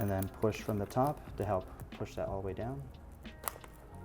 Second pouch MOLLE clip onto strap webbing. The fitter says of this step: and got a little click and you're all good